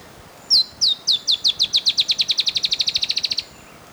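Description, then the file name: Dusky-tailed antbird calling a high, accelerating series of many short downslurred notes, starting slow and speeding into a rapid trill, lasting about three seconds. "Dusky-tailed Antbird (Drymophila malura)"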